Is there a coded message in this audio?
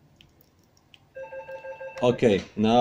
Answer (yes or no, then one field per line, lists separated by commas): no